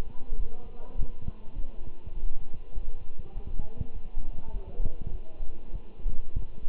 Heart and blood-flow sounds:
heart sounds by stethoscope; between the tricuspid and mitral areas; 101 bpm
0.39 s: heartbeat
0.97 s: heartbeat
1.55 s: heartbeat
2.14 s: heartbeat
2.74 s: heartbeat
3.34 s: heartbeat
3.93 s: heartbeat
4.53 s: heartbeat
5.12 s: heartbeat
5.72 s: heartbeat
6.35 s: heartbeat
From the record:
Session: walking at 3.7 km/h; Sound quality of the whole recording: good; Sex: male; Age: 24 years

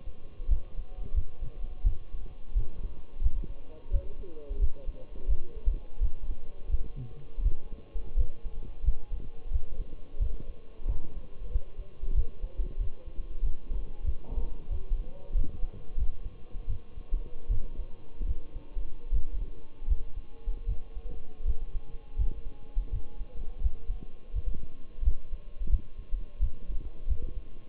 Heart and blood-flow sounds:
heart sounds by stethoscope; between the tricuspid and mitral areas; 86 bpm
0.50 s: heartbeat
1.15 s: heartbeat
1.86 s: heartbeat
2.56 s: heartbeat
3.23 s: heartbeat
3.92 s: heartbeat
4.61 s: heartbeat
5.29 s: heartbeat
6.02 s: heartbeat
6.71 s: heartbeat
7.44 s: heartbeat
8.18 s: heartbeat
8.85 s: heartbeat
9.52 s: heartbeat
10.21 s: heartbeat
10.88 s: heartbeat
11.52 s: heartbeat
12.16 s: heartbeat
12.80 s: heartbeat
13.43 s: heartbeat
14.05 s: heartbeat
14.71 s: heartbeat
15.36 s: heartbeat
15.99 s: heartbeat
16.69 s: heartbeat
17.50 s: heartbeat
18.28 s: heartbeat
19.13 s: heartbeat
19.89 s: heartbeat
20.68 s: heartbeat
21.47 s: heartbeat
22.18 s: heartbeat
22.92 s: heartbeat
23.63 s: heartbeat
24.35 s: heartbeat
25.04 s: heartbeat
25.71 s: heartbeat
26.41 s: heartbeat
27.09 s: heartbeat
From the record:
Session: Bruce protocol treadmill stress test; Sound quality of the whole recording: partially saturated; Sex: male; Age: 23 years

